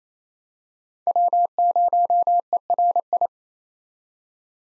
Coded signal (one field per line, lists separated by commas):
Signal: Morse code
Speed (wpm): 28 wpm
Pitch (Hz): 700 Hz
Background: none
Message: W0ERI